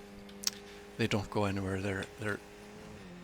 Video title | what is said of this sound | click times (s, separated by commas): DIY SimRacing: GT Racing Wheel Rim Build Part 3. Build completed | it's a very satisfying snap and they uh | 0.5 s